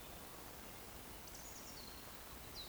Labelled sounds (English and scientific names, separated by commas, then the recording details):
Eurasian Woodcock (Scolopax rusticola) whistle
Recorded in Baden-Württemberg, Germany, on 15 June 2020 at 20:03 UTC
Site 14569, 102 m above sea level